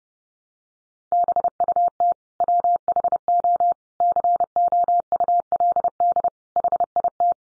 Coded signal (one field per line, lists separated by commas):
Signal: Morse code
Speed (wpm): 30 wpm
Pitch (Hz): 700 Hz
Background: none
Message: BUT WHO COULD HIT